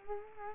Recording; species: mosquito wingbeat signal from an infrared sensor; Culex quinquefasciatus